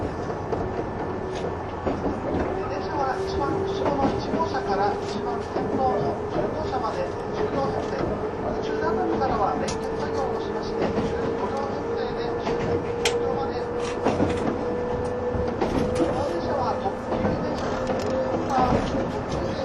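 A 185 series Odoriko 106 train runs steadily, its motor tone slowly rising in pitch, with rattling clicks and murmured voices throughout.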